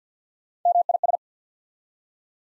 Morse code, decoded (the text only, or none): MIS